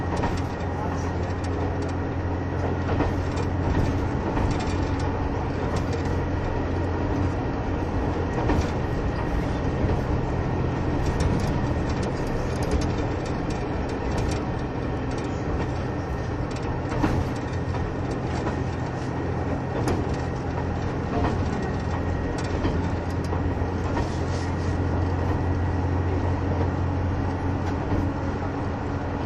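Running sound from inside a KiHa 71 series Yufuin no Mori diesel train travelling between Yufuin and Beppu. A steady, dense low engine drone and rolling rumble hold throughout, with a faint steady hum near the bottom and scattered light clicks and rattles above.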